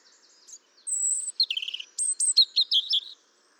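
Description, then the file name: European robin phrase beginning with a long, very high thin whistle, followed by a jumble of quick warbled notes and chirps. "Erithacus rubecula"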